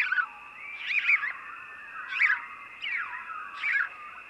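House sparrow chirping: several chirps, some softer than others, above a persistent high whine.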